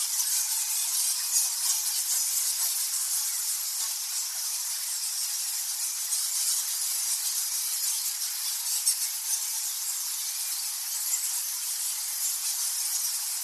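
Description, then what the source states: Bats, a dense chorus of high squeaks and chittering merging into a continuous hiss, with no low sounds underneath. Thousands of bats in the Goa Lawah temple cave, Bali, Indonesia.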